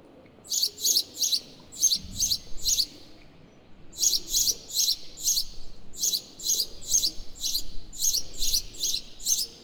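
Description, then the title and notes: Sparrows giving bright chirps in quick runs of several notes, repeated throughout with short pauses between runs. Several noisy sparrows calling to one another on a square, Voie de l'Utopie, Quartier des Bruyères, Ottignies-Louvain-la-Neuve, Belgium. "Quartier des Bruyères, 1348 Ottignies-Louvain-la-Neuve, Belgique - Noisy sparrows. Noisy sparrows discuss on a square called Voie de l'Utopie"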